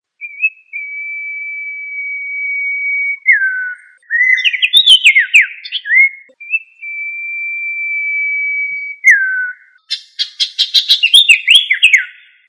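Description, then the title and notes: Bird song: a long, steady high whistle that drops sharply, then a burst of quick chirps and warbled notes, the whole phrase given twice; no other sounds. Bird song from Indonesia. "Kumpulan Kicau Burung Indonesia"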